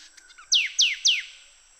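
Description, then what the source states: Sooty thicket fantail calling: three sharp, high descending notes in quick succession, each sweeping downward, spaced about a quarter second apart, with a faint steady high hiss behind. Recorded in Papua New Guinea.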